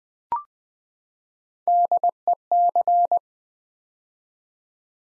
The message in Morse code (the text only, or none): DEC